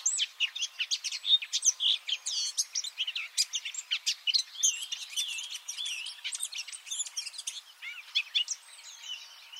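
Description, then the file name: Eurasian blackcap warbling: quick, varied chirps and slurred whistles tumbling one after another with hardly a pause, softer toward the end. "Sylvia atricapilla"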